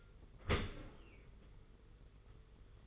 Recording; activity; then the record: daily activity, microphone in the room; open dishwasher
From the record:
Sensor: 4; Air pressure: 991.3 hPa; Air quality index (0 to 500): 160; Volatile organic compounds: 137 ppm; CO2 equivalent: 3961 ppm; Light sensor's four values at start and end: 22/74/27/28 and 23/74/27/28